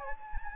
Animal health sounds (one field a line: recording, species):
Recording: mosquito wingbeat signal from an infrared sensor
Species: Anopheles gambiae